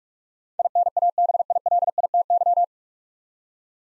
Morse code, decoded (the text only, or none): INABILITY